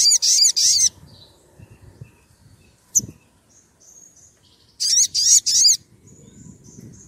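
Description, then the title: Oriental magpie-robin song: two short bursts of high, rapid, rolling notes, a sharp click, then a second group of three quick phrases, with faint high whistles between. Vigorous (gacor) whistling song used as a lure to provoke other magpie-robins into answering. "Pancingan Suara Siulan Kacer Gacor Mantap Untuk Memancing Kacer Lain Agar Mau Nyaut Bunyi"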